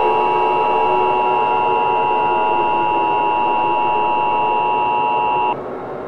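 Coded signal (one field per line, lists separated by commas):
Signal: Emergency Alert System (SAME) tones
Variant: 853 and 960 Hz attention tone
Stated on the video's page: Fictional EAS scenario about an Alaska blizzard; tones are valid and can activate EAS systems.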